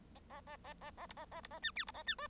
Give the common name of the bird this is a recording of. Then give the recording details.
Bengalese Finch. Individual Bird1